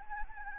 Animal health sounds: mosquito wingbeat signal from an infrared sensor; Anopheles gambiae

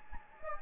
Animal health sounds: mosquito wingbeat signal from an infrared sensor; Anopheles gambiae

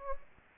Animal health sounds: mosquito wingbeat signal from an infrared sensor; Anopheles gambiae

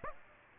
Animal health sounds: mosquito wingbeat signal from an infrared sensor; Aedes aegypti

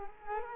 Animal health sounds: mosquito wingbeat signal from an infrared sensor; Culex quinquefasciatus

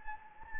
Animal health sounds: mosquito wingbeat signal from an infrared sensor; Anopheles gambiae

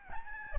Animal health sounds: mosquito wingbeat signal from an infrared sensor; Aedes albopictus

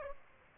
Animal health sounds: mosquito wingbeat signal from an infrared sensor; Aedes aegypti

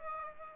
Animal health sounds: mosquito wingbeat signal from an infrared sensor; Aedes aegypti

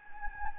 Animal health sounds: mosquito wingbeat signal from an infrared sensor; Anopheles gambiae

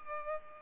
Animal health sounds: mosquito wingbeat signal from an infrared sensor; Culex pipiens

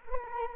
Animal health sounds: mosquito wingbeat signal from an infrared sensor; Culex quinquefasciatus

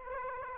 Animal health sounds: mosquito wingbeat signal from an infrared sensor; Aedes aegypti

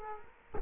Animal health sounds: mosquito wingbeat signal from an infrared sensor; Culex quinquefasciatus

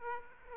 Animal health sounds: mosquito wingbeat signal from an infrared sensor; Aedes aegypti

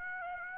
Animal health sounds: mosquito wingbeat signal from an infrared sensor; Aedes aegypti

